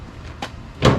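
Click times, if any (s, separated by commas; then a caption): none. The passenger-side front door of a hot rod touring body is swung shut and thuds against the body, with a light knock near 0.4 s and a heavier, louder thud around 0.8–0.9 s. The latch does not catch at the body striker; nothing seats, and the door pushes back open a little.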